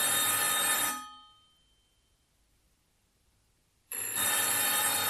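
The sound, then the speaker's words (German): A loud, harsh extra telephone bell, newly installed in a home so the phone can be heard better, rings for about a second, cuts off into near silence for roughly three seconds, then rings again abruptly, its bright metallic clatter filling the highs. “Oma hat nur eine Zusatzklingel einbauen lassen, damit sie das Telefon besser hören kann.”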